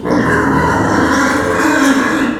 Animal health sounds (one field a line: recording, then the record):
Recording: squeal of a Yucatan mini pig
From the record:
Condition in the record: after surgery on the right vocal fold (resection and tissue-engineered implant)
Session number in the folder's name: 4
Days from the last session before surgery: 26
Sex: female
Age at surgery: 19 weeks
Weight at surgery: 25 kg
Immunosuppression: prednisolone